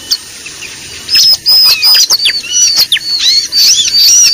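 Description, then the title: Bar-winged prinia calls: after a quiet second, a run of high hooked whistles and sharp chirps in quick succession, some dipping downward. Lure call used for trapping (pikat) Bar-winged prinia, known locally as ciblek, described as effective. "PIKAT BURUNG CIBLEK AMPUH"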